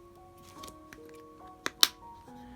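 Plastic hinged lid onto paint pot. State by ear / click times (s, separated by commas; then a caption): seated / 1.8 s. A plastic hinged snap lid is pressed shut onto a paint pot after use, over steady background music. A smaller tick comes at 1.7 s, then the lid snaps closed with a sharp click at 1.8 s and is seated, because the lid stays open unless it clicks.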